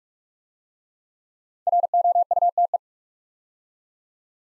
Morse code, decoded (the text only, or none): ROUTE